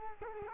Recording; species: mosquito wingbeat signal from an infrared sensor; Culex quinquefasciatus